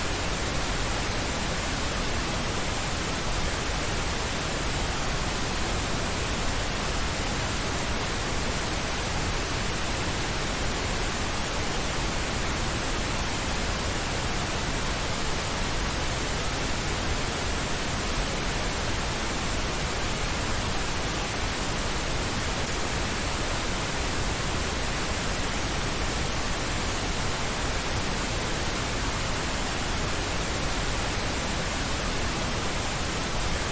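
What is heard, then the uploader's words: A white noise sound machine gives off an even, unbroken hiss across the whole range, with no changes or other sounds for the full half-minute. White Noise Sound Machine.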